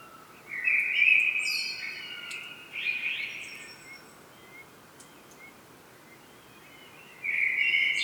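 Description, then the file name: Common blackbird song: a rich warbled phrase with high twittering overtones, a shorter scratchy follow-up, a quiet pause, then a new phrase beginning. "Turdus merula"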